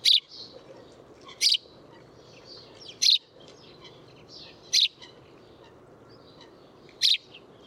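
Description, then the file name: House sparrow chirping, five sharp single notes with soft twittering behind. "Passer domesticus"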